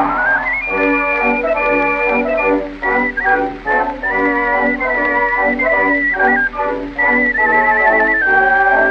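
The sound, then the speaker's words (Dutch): A bright whistled melody moves in stepped, held notes over a steady instrumental backing, loud and continuous with brief dips between phrases. No one speaks. “Ach, wat kuste ze me snuitje, dat kwam alles door mijn fluitje.”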